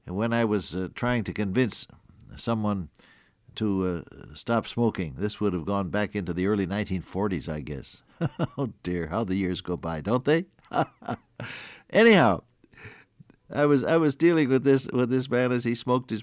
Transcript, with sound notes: when I was trying to convince someone to stop smoking — this would have gone back into the early 1940’s I guess. (Laughs) Oh dear! How the years go by, don’t they? (Laughs) Anyhow, I was, I was dealing with this, with this man as he smoked his pipe.